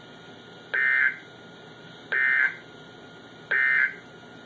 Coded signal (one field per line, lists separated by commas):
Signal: Emergency Alert System (SAME) tones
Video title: DOUBLE HEADER Flash Flood Warning + Severe Thunderstorm Warning (EAS #223+224)